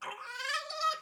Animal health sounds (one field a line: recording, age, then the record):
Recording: pig call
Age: piglet (1 to 25 days)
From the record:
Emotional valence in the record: negative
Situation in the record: restrain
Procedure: in the arms of a person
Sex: male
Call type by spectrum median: low-frequency call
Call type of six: mixed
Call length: 1.02 s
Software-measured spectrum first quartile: 1266 Hz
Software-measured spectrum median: 1831 Hz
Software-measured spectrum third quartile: 3757 Hz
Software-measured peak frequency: 1267 Hz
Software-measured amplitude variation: 166 dB a second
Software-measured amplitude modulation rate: 19.1 a second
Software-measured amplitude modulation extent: 8.7 dB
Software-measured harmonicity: 11.0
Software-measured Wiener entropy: -2.43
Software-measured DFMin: 523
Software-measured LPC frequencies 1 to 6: 1275, 1834, 2749, 3184, 3944, 4647 Hz